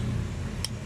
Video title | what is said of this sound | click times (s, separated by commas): WAVE TYPE ENGINE TOP OVERHAUL | Yun. Pasok na, lumagitik na. Okay na. Pumasok na. | 0.6 s